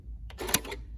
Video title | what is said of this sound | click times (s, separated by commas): Janome Continental M7 with Cindy Thompson | and snaps right in place. | 0.5 s